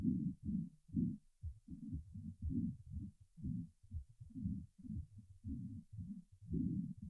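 Loud, low-pitched, rushing breath sounds come in short, closely spaced surges, with both inhalation and exhalation clearly audible. These are normal lung sounds in a healthy four-week-old foal, heard by stethoscope over the chest, much louder than in adult horses.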